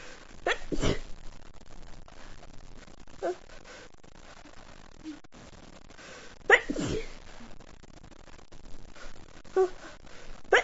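Two strong, explosive sneezes from an adult woman, about six seconds apart, each with a sharp onset and a short rushing tail. Several fainter, brief puffs of breath sound between them.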